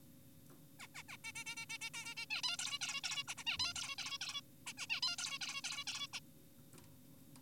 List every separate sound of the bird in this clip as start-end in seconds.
0.80-0.87, 0.95-1.03, 1.09-1.17, 1.24-1.32, 1.36-1.44, 1.46-1.56, 1.57-1.66, 1.70-1.78, 1.82-1.90, 1.94-2.15, 2.17-2.26, 2.31-2.42, 2.44-2.57, 2.59-2.79, 2.81-3.01, 3.04-3.24, 3.28-3.35, 3.38-3.44, 3.47-3.58, 3.60-3.74, 3.76-3.96, 3.98-4.18, 4.21-4.41, 4.67-4.73, 4.78-4.87, 4.90-5.00, 5.03-5.16, 5.18-5.38, 5.41-5.62, 5.64-5.84, 5.87-6.07, 6.13-6.20